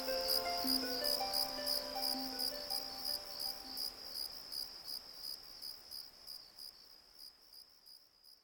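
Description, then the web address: Cicada buzzing call, a high rasping trill pulsing roughly three times a second and fading, over soft sustained musical tones that die away midway. "TCL L 10 audio alarms TCL alarm Cicada"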